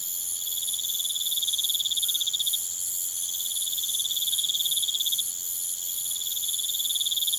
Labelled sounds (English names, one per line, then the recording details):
none
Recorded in pastures near Puerto Asís, Putumayo, Colombia, on 23 June 2025 at 21:30
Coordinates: 0.486, -76.323
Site H29